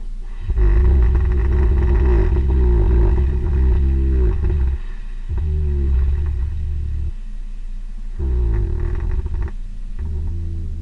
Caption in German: Ein Schnarcher von einem Tier. Dieses Geräusch war nämlich das Schnarchen eines Schwarzbären im Winterschlaf.